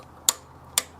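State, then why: Torque reached. A click-type torque wrench tightens the oil filter housing cap on a 2017–2024 Maserati Levante V6 to its 25 Nm setting. Two sharp, bright clicks ring out at 0.3 s and 0.8 s over a faint low hum. The wrench has clicked, confirming the cap is torqued to 25 Nm.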